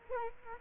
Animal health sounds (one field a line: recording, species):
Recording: mosquito wingbeat signal from an infrared sensor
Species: Culex quinquefasciatus